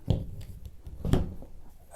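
A short Matrix 3DR feeder arm's insert is pushed into its mounting fitting on a seat box to lock it in place. Two sharp knocks are heard, one near 0.1 s and a stronger one near 1.1 s, with faint taps between them. The insert has not locked into the fitting, and nothing has seated or clicked yet.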